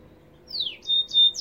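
Goldfinch: a clear descending whistled slur, then short buzzy notes over a steady high thin tone.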